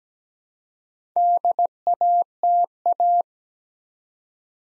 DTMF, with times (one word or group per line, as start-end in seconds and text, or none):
none